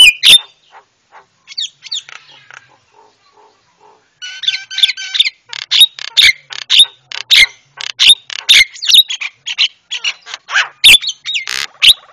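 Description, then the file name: Javan myna song: loud clicks and metallic whistles, a quiet gap of soft notes, then a long run of sharp, chattering bursts and squeaky whistles. Masteran for training cage birds; white-eyed form (mata putih). "masteran jalak kebo mata putih"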